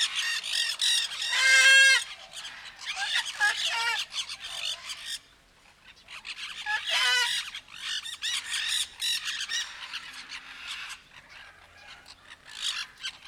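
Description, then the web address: Sulphur-crested cockatoo calling loudly: harsh, buzzy squawks in clustered bursts, a short pause midway, then more grating calls continuing to the end. Captive bird at Nyíregyháza Zoo, recorded in 2019 with a professional recorder left beside the bird. "allathangok nyiregyhazizoo 2019 professzionalis sargabobitas kakadu otthagytukafelvevot nyiregyhaza"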